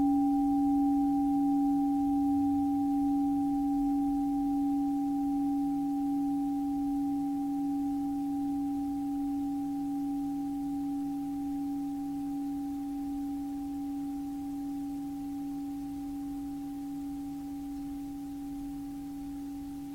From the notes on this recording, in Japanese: シンギングボウルの音色をチャボ達とともに